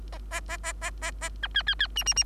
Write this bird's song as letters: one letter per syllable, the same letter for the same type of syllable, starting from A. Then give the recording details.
A A A A A A A B C C C D D D. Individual Bird3